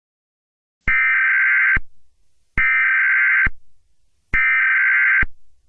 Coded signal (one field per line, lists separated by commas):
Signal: Emergency Alert System (SAME) tones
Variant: header bursts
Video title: EAS Scenario #3: Freedom's Rampage